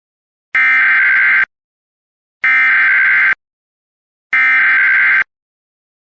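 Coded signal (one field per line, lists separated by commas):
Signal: Emergency Alert System (SAME) tones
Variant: header bursts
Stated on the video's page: Fictional EAS scenario, reuploaded.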